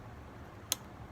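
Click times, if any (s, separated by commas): 0.7 s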